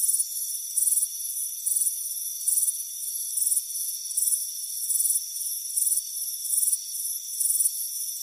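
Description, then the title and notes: Cricket chirps, short high trills recurring in an even rhythm, with a constant shrill hum underneath. Warm afternoon on a front porch. "Soothing Crickets Chirping Sound. It's a warm afternoon as you relax in a hammock on the front porch. Relax and fall asleep to the soothing sound of chirping crickets"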